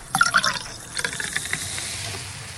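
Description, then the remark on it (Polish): A champagne bottle's cork pops at the start, then champagne pours and fizzes with bright crackling bubbles for a couple of seconds. No one speaks. “No i cała przyjemność poszła. Nieeleganckie strzelanie.”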